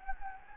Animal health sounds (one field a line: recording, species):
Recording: mosquito wingbeat signal from an infrared sensor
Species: Anopheles gambiae